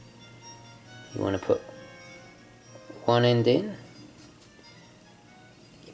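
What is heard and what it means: One end of a watch strap, with its spring bar, is put in and positioned between the lugs of a watch case while someone talks over background music, followed by a faint handling sound around 4.4 seconds. The spring bar has not yet been compressed, and nothing has seated or clicked yet.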